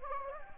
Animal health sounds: mosquito wingbeat signal from an infrared sensor; Anopheles gambiae

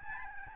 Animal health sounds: mosquito wingbeat signal from an infrared sensor; Aedes albopictus

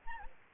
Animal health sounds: mosquito wingbeat signal from an infrared sensor; Aedes albopictus

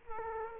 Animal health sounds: mosquito wingbeat signal from an infrared sensor; Culex quinquefasciatus

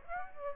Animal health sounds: mosquito wingbeat signal from an infrared sensor; Aedes aegypti

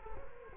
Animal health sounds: mosquito wingbeat signal from an infrared sensor; Culex quinquefasciatus

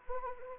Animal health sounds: mosquito wingbeat signal from an infrared sensor; Anopheles arabiensis

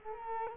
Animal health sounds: mosquito wingbeat signal from an infrared sensor; Culex quinquefasciatus

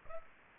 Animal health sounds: mosquito wingbeat signal from an infrared sensor; Aedes aegypti

